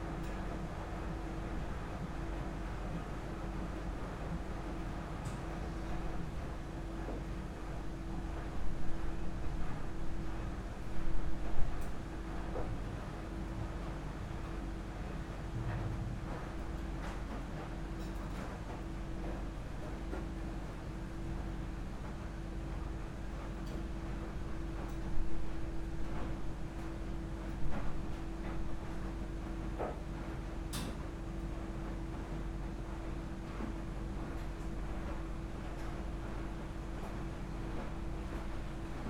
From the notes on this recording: Laundromat Osaka